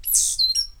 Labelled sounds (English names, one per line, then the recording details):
Stitchbird song
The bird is a male
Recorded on Tiritiri Matangi Island, New Zealand, in 2005
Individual 8, of nest box 10